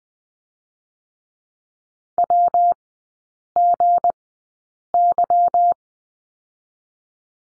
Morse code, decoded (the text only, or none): WGY